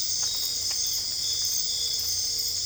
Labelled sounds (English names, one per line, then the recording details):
none
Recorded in dense forest near Puerto Asís, Putumayo, Colombia, on 22 December 2024 at 21:30
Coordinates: 0.485, -76.318
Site GP03